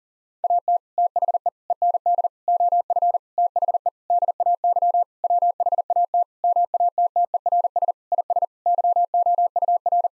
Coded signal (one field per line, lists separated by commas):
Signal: Morse code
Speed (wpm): 40 wpm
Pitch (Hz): 700 Hz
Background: none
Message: AT THE END OF THE DAY WHAT MATTERS IS YOUR